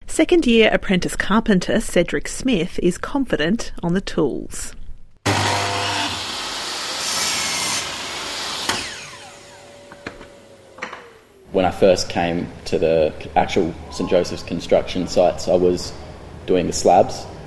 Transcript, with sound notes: Second-year apprentice carpenter, Cedrick Smith, is confident on the tools. (Sound of a drop saw) "When I first came to the actual St Joseph's construction sites, I was doing the slabs.